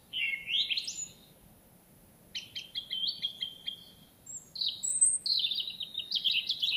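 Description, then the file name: European robin song in several bursts: a high, slurred warble, a fast series of thin piping notes, then sparkling high phrases, all above low background noise. "Erithacus rubecula"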